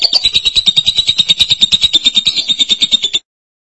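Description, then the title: Lovebird producing a sustained high, rasping chatter of quick regular pulses for about three seconds before stopping abruptly. "BM Suara Burung Lovebird"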